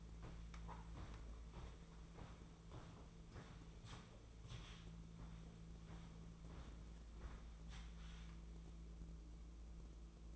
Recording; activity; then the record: daily activity, microphone in the room; walk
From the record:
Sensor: 1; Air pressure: 1005.6 hPa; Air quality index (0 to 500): 126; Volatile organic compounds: 5 ppm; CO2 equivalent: 1773 ppm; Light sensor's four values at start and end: 11/27/11/12 and 11/27/11/12